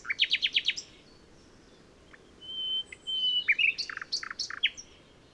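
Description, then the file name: Common nightingale song opening with several loud repeated notes, followed after a pause by a long pure whistle and a burst of varied chattering notes. "Luscinia megarhynchos"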